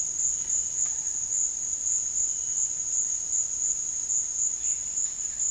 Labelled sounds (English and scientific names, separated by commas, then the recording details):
none
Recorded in dense forest near Puerto Asís, Putumayo, Colombia, on 12 March 2025 at 16:30
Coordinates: 0.484, -76.325
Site G045